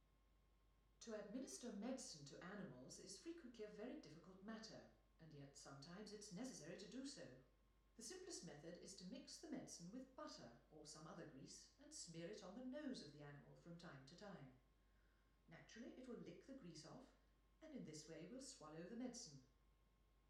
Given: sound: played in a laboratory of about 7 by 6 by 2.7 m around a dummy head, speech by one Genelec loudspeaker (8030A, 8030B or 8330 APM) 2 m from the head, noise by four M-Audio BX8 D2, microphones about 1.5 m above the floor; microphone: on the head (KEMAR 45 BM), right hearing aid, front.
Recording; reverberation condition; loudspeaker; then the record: female speech in English; medium; behind (180 degrees)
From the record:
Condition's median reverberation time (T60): about 510 ms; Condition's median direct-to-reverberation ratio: about -0.5 dB